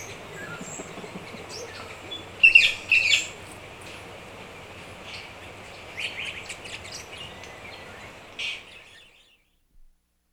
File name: Sound Effects Library - Birds in a Rain Forest